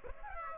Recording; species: mosquito wingbeat signal from an infrared sensor; Aedes aegypti